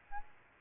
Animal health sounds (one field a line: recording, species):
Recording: mosquito wingbeat signal from an infrared sensor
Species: Aedes albopictus